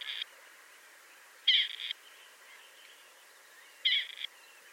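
Partridge giving a grating, rasping call, one note clipped at the start and two full calls a couple of seconds apart, with low background hiss.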